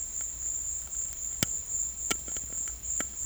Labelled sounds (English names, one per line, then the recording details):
none
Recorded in secondary vegetation near Puerto Asís, Putumayo, Colombia, on 21 December 2024 at 13:30
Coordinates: 0.488, -76.319
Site GP04